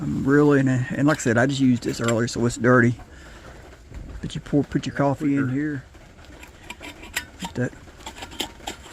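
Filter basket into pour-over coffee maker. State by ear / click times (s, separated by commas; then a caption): seated / 8.4 s. Someone talks while fitting the drip filter basket, which was used earlier and is still dirty, into a pour-over coffee maker and turning it once to lock it. Several clinks are heard as the parts meet. The basket twist-locks into place with the strong hit at 8.4 s.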